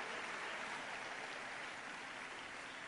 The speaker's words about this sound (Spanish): Bueno, denle otro aplauso al Rey bendito.